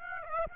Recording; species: mosquito wingbeat signal from an infrared sensor; Aedes aegypti